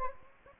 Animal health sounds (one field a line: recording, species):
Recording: mosquito wingbeat signal from an infrared sensor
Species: Anopheles gambiae